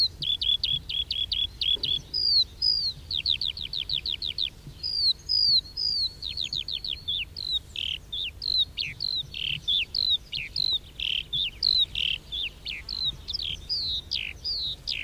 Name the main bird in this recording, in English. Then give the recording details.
Eurasian Skylark. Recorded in the wild. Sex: male. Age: adult. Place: Röttenbach, Bayern, DE. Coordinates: 49.665, 10.9544. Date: 1964-06-27. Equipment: Original, Vollspur. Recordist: Tretzel, Erwin